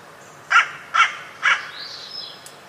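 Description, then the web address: Bird calling three rough, raspy caws in quick even succession, followed by a faint thin whistle. "cianscape. Deverinetal 2025. Bird Only"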